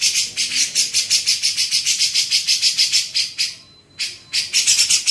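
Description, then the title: Grey-cheeked bulbul repeating coarse buzzy notes rapidly, a brief break near the end, then more chatter. Masteran training song used to teach songbirds. "MASTERAN CUCAK JENGGOT"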